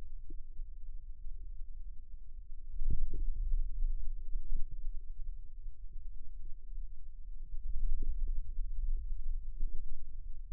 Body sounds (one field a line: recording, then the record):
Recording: forearm muscle sounds (acoustic myography)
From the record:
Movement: radial deviation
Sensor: system 2, bracelet of six BSWA MPA416 microphones around the upper forearm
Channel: 5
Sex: male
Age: 22 years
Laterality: right